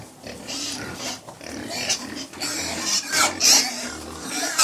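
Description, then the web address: Pig (Middle White): a large herd feeding very noisily, rapid overlapping squeals and shrieks, with louder squealing bursts toward the end. Middle White breed; about 100 pigs feeding very noisily indoors. "Middle White Pigs, interior, approx 100 pigs feeding very noisily"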